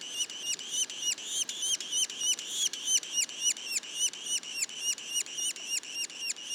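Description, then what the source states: Yellow-bellied sapsucker juveniles: an insistent string of high, arching notes repeated about three to four times a second. Juveniles, Mont-Orford National Park, Quebec.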